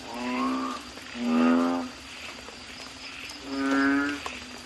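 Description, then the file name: Asian common toad croaks: three drawn-out, harmonic notes over a steady background hiss. "suara kodok bangkong"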